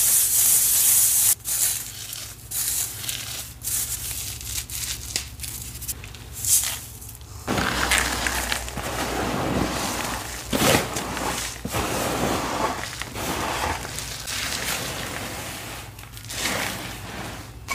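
Cornstarch crunchies are crushed and sifted in a dense, uneven stream of crackling and gritty crunches. Sharp louder snaps land about every second for the first seven seconds, then the sound turns fuller and grainier, with brief bright bursts near 10 and 16 seconds.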